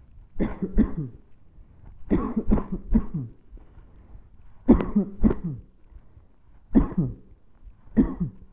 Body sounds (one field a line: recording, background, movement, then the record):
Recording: voluntary coughing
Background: quiet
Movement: sitting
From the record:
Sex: male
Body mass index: 20.5 kg/m2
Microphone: on the chest, facing the body